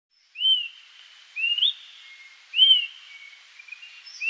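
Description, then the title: Bird song of clear whistled notes, each a short rising slur with a trailing note, repeated at intervals of a second or more over faint background hiss. "LuckyPassaro Completos2Sama"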